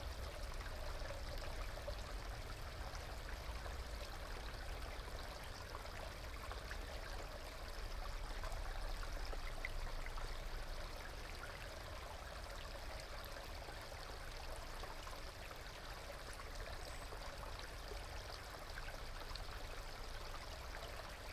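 A clear creek burbles steadily over stones, a dense, even wash of water with fine trickling detail and a bright splashy edge. The flow holds constant throughout, with a soft low rumble underneath and no other sounds intruding.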